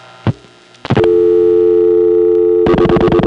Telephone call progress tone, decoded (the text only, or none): dial tone